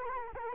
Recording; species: mosquito wingbeat signal from an infrared sensor; Culex quinquefasciatus